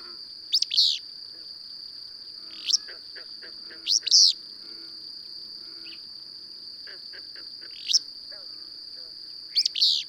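Bird song: sharp rising chirps and buzzy bursts in short clusters at irregular intervals, over a steady high insect-like whine and soft lower chatter.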